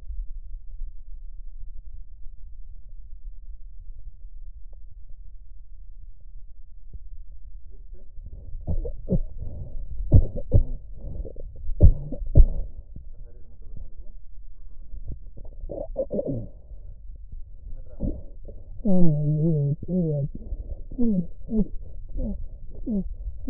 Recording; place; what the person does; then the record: lung sounds by stethoscope; left posterior apical chest; quiet breathing, then cough and speech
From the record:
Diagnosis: interstitial lung disease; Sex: male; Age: 82 years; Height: 158 cm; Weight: 49 kg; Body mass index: 19.6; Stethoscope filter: extended mode